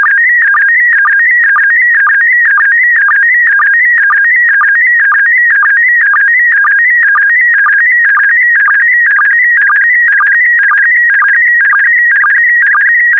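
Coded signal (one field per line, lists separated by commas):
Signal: SSTV (slow-scan television)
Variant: PD120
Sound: warbling, stepping electronic whine with a short low blip about twice a second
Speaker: transmission complete you can now check your decoded image against the picture that is shown on the video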